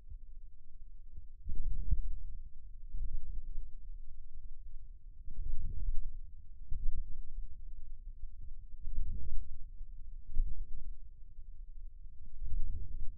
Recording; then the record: forearm muscle sounds (acoustic myography)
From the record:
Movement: outward rotation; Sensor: system 2, bracelet of six BSWA MPA416 microphones around the upper forearm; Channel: 1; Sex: male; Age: 22 years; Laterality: right